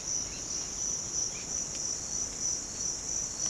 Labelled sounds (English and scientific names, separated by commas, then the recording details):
none
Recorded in pastures near Puerto Asís, Putumayo, Colombia, on 19 March 2025 at 06:30
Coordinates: 0.505, -76.324
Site GP08